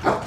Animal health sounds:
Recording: pig call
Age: growing-finishing pig (85 days or more)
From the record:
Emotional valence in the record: positive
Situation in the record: run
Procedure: transit

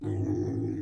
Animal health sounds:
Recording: pig call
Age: weaner (32 to 43 days)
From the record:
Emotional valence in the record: positive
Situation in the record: positive conditioning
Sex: female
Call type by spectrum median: low-frequency call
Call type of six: low-frequency stable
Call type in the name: low-frequency stable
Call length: 0.82 s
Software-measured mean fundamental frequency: 52 Hz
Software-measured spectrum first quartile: 111 Hz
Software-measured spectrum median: 237 Hz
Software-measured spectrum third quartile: 333 Hz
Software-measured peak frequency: 308 Hz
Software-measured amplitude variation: 124 dB a second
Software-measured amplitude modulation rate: 33.1 a second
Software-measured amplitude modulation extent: 3.8 dB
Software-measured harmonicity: -0.3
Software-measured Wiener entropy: -0.27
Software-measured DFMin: 1808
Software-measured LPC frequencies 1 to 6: 316, 1837, 3390, 5601, 6088, 7587 Hz

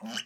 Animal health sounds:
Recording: pig call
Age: piglet (1 to 25 days)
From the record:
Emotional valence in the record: negative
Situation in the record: long isolation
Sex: male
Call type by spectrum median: low-frequency call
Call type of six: mixed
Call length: 0.26 s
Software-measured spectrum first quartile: 634 Hz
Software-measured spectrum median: 2146 Hz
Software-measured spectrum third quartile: 3653 Hz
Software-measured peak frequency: 224 Hz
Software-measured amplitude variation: 169 dB a second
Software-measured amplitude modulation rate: 13.7 a second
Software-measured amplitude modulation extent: 12.3 dB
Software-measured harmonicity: 4.4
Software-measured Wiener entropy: -2.36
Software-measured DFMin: 891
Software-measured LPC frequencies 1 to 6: 1601, 3003, 4710, 5467, 6135, 6934 Hz

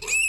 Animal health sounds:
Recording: pig call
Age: weaner (32 to 43 days)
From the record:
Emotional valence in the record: negative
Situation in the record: novel object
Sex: female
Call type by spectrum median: high-frequency call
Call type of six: high-frequency stable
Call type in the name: high-frequency stable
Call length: 0.29 s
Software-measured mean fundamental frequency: 484 Hz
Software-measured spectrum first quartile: 2568 Hz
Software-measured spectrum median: 3808 Hz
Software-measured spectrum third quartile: 8009 Hz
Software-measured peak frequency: 2608 Hz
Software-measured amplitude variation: 105 dB a second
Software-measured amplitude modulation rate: 15.6 a second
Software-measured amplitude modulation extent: 6.7 dB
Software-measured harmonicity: 16.1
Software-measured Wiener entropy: -4.23

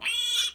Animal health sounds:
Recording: pig call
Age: piglet (1 to 25 days)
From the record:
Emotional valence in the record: negative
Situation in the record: castration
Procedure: castration, fixation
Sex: male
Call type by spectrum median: high-frequency call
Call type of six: high-frequency stable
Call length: 0.55 s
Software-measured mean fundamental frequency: 241 Hz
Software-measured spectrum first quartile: 3181 Hz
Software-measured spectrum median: 3553 Hz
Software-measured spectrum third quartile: 6094 Hz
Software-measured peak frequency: 3432 Hz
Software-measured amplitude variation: 141 dB a second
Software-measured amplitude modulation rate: 13.7 a second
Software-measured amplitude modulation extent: 10.3 dB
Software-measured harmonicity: 9.4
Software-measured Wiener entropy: -3.50

